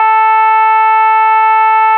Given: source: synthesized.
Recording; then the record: sustained vowel /a/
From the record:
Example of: shimmer, step 3